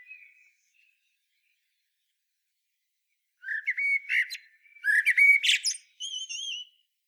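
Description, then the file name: Common blackbird song: a brief quiet fluted note, a long silence, then a loud phrase of mellow notes running into high, scratchy twitters and thin wavering whistles. "Turdus merula"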